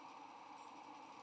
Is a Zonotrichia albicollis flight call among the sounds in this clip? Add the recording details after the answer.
no. Another species' flight call is heard. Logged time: 05:00 on 8 November 2014